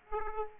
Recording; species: mosquito wingbeat signal from an infrared sensor; Aedes aegypti